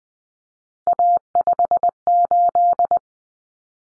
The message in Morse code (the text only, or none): A58